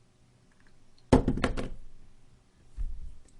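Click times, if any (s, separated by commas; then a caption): none. An external battery pack is pushed onto a smartphone's dock connector, making a burst of several dull thunks between about 1.1 and 1.7 s, followed by a softer low thump near 2.8 s. However far it is pushed, the pack has not snapped in.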